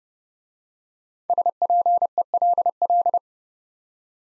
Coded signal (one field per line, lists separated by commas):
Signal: Morse code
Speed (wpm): 29 wpm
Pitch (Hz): 700 Hz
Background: none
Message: SPELL